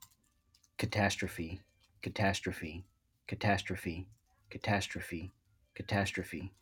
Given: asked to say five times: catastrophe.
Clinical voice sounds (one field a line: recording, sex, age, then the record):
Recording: repeated word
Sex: male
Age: 30 to 39 years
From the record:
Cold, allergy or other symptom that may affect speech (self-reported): no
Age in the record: 38 years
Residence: Maryland, United States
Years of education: 14